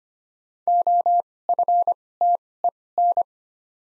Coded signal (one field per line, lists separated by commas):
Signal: Morse code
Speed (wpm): 25 wpm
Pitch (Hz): 700 Hz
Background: none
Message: OFTEN